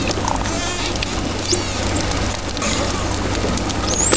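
Dolphin whistles, thin high rising and curving sweeps near the top of the range around the middle and end, over steady underwater hiss and low hum.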